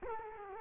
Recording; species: mosquito wingbeat signal from an infrared sensor; Culex quinquefasciatus